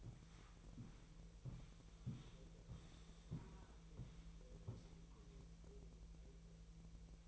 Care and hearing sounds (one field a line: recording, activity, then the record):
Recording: daily activity, microphone in the room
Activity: walk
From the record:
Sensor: 1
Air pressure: 1002.0 hPa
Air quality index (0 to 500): 237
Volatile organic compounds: 94 ppm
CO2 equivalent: 3714 ppm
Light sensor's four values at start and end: 8/20/8/9 and 8/19/8/9